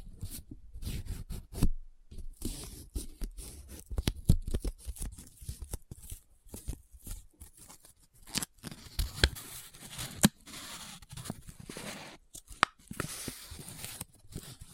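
Close-up paper handling: crisp crinkles, folds and rubbing come in quick, irregular bursts with short silent gaps. After about eight seconds the sound turns into denser, hissy scratching, with a few sharp louder snaps near 2, 10 and 12.5 seconds.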